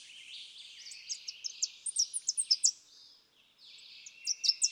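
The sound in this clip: Tennessee warbler singing a series of high, sharp chipping notes over a steady background hiss, then a second short burst of notes.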